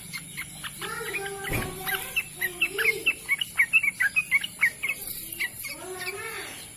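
Bird song of quick sharp chirps, about two per second, growing louder midway, with lower sliding sounds and a soft knock near the start.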